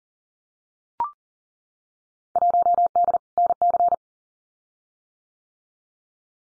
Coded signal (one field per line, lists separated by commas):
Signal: Morse code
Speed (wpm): 40 wpm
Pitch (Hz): 700 Hz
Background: none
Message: 1D NC